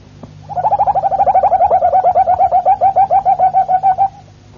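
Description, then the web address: Harz Roller canary singing a low, smooth roll of many quick, evenly spaced notes lasting about three and a half seconds, with a faint hum underneath. "canarios cantoharz"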